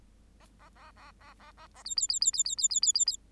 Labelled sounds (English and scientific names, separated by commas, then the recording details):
Bengalese Finch (Lonchura striata domestica) song
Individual Bird8